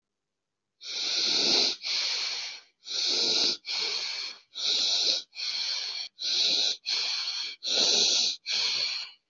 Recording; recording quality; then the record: deep breathing; excellent, no background noise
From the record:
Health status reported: healthy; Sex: female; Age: 27 years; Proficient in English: yes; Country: India